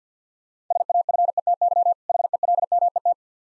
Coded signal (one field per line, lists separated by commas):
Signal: Morse code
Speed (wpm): 50 wpm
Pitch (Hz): 700 Hz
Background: none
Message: SAFETY HELMET